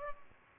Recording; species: mosquito wingbeat signal from an infrared sensor; Culex pipiens